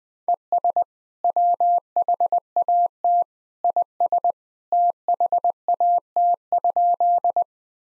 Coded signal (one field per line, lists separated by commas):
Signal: Morse code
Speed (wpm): 21 wpm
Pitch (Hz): 700 Hz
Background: none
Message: ES WHAT IS THAT?